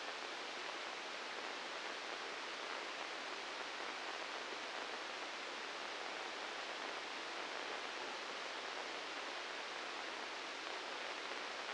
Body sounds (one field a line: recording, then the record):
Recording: brain microelectrode recording played as sound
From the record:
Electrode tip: inside the subthalamic nucleus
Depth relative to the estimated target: -2 mm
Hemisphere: right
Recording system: NeuroSet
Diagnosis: Parkinson's disease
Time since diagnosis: 19 years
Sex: female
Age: 69 years